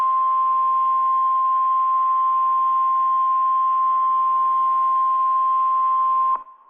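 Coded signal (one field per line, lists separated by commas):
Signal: Emergency Alert System (SAME) tones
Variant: 1050 Hz attention tone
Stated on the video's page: Fictional EAS scenario, not a real alert.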